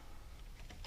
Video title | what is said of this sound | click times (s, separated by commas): Unedited Radio install 2004 ford ranger | you take this and you shove it in those holes till it clicks | 0.6 s, 0.8 s